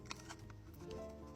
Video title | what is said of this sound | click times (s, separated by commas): 3d yazıcı ile ne yapılır3d yazıcı ile kırılan highlighter’ıma kutu yaptım🧚‍♀️reklamdeğil#3dprinting | Niye oturmuyor şu an kutum? | none